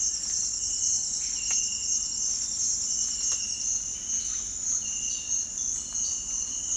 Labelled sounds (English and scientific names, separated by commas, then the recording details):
none
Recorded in dense forest near Puerto Asís, Putumayo, Colombia, on 18 February 2024 at 07:00
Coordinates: 0.484, -76.317
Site G6464